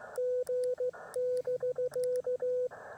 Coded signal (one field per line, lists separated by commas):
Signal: Morse code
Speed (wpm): 16 wpm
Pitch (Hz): 500 Hz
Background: radio noise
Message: G <BK>